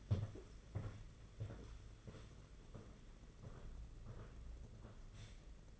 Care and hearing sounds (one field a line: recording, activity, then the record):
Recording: daily activity, microphone in the room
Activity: walk to room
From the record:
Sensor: 4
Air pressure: 992.9 hPa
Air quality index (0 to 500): 174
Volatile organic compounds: 320 ppm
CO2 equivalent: 4523 ppm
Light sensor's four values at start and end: 4/10/4/4 and 4/10/4/4